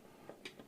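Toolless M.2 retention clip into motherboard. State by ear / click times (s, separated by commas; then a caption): seated / 0.5 s. A plastic toolless M.2 retention clip is pressed into the motherboard to hold down an NVMe SSD that was slid into its socket at an angle and pushed down. Two faint ticks at about 0.3 s and 0.6 s surround a sharper, brighter click at 0.5 s as the clip snaps into place, seated.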